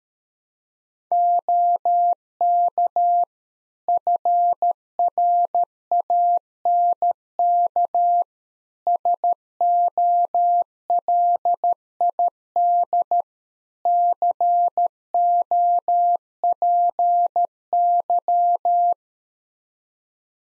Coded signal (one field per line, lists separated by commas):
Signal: Morse code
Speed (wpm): 13 wpm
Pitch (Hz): 700 Hz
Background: none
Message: OK FRANK SOLID COPY